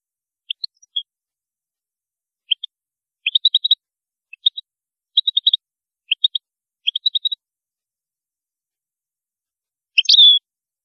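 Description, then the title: European goldfinch: songbird giving short twittering note clusters at irregular intervals, then a louder sharp call with a brief buzzy ending. "Chant Chardonneret"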